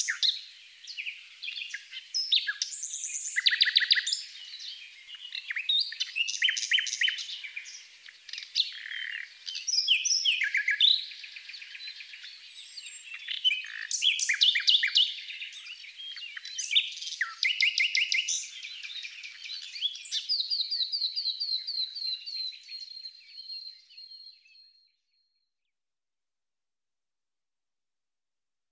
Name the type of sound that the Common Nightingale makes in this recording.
song